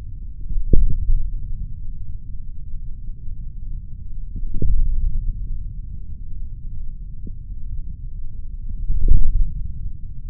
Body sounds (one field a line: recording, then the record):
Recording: forearm muscle sounds (acoustic myography)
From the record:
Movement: hand opening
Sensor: system 3, bracelet of six PUI Audio POM-2738L microphones around the upper forearm, with dedicated amplification and filtering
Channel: 2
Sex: male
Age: 26 years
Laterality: right